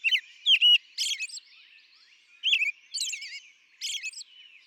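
American robin song: clear warbled phrases with rising and falling notes, delivered in short groups separated by brief pauses.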